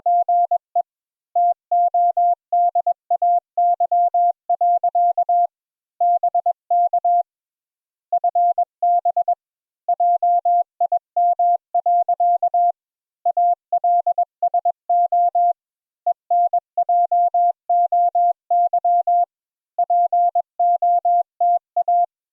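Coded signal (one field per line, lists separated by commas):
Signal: Morse code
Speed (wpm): 21 wpm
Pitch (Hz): 700 Hz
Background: none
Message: GE TODAY. BK FB JIM. ALSO ENJOY POTA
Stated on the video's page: Morse code practice session.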